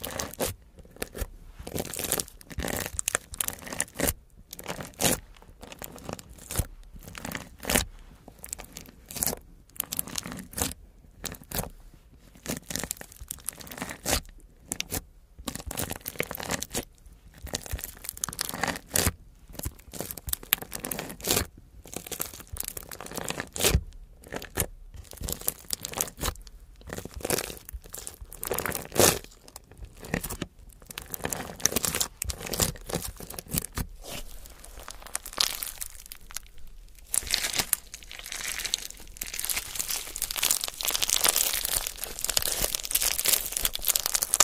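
Crystals, beads and jewels are handled with quick tapping and scratching, a dense run of sharp clicks and crinkly scrapes with brief gaps between bursts. The clatter stays fairly steady, then turns into a brighter, hissing rustle near the end.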